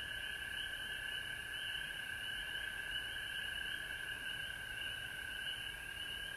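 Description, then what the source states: Dense frog chorus, a bright steady high trill layered with a slightly higher wavering band, unchanging throughout. Frogs recorded at home in Georgia on March 19, 2020.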